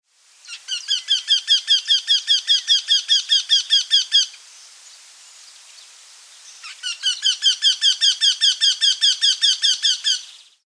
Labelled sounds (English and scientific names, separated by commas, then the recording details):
Eurasian Wryneck (Jynx torquilla)
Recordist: Tembrock, Günter
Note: Rufreihen